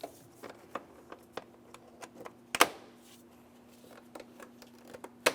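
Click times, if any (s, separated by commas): 2.6 s, 5.3 s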